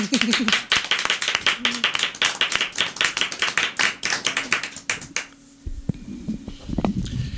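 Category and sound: crowd, applause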